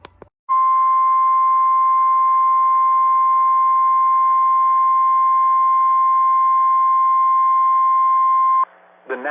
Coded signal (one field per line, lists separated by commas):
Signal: Emergency Alert System (SAME) tones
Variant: 1050 Hz attention tone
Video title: WITH NEW SEASONS COMES NEW RISKS - EAS Alerts from 11/27 - 11/30/22 (EAS #724 - 740)